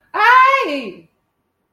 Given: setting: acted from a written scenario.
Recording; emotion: vocal sound without words; fear